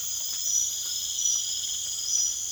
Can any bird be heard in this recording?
no